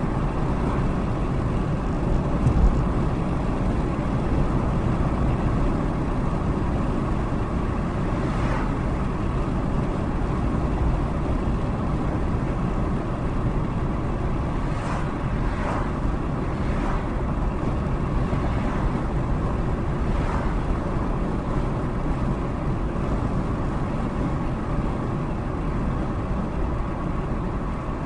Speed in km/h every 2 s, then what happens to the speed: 76, 77, 76, 76, 74, 76, 72, 72, 71, 69, 69, 68, 68, 68.
0-28 slows to 68.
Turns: none.